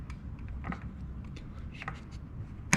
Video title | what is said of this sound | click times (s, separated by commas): Outdoor Chattanooga - Bike Maintenance 101 Workshop - How to Fix a Flat Tire | It's got quite a bit of tension, and you'll hear it click when it finally gets in place. | 2.7 s